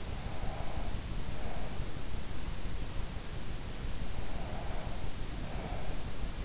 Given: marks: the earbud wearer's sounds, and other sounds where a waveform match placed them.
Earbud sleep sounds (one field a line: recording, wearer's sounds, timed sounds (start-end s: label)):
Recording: sounds in sleep by an in-ear microphone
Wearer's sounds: breath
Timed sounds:
0.18-2.34 s: breath
4.26-6.45 s: breath